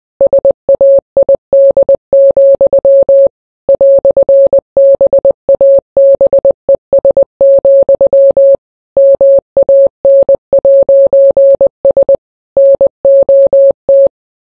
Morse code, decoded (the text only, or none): SAID, "BABES, MAN'S NOT